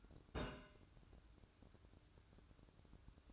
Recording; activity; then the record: daily activity, microphone in the room; place on stove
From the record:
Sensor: 2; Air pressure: 1007.8 hPa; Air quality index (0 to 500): 104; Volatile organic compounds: 1 ppm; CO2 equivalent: 785 ppm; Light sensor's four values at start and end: 6/15/6/6 and 6/15/6/6